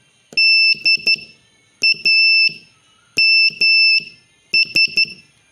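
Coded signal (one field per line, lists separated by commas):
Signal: Morse code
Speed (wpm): 12 wpm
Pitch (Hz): 2650 Hz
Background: none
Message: DAMS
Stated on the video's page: Beginner Morse lesson practising the letters E, I, S, H, T, M, O, A, N, U and D in short words.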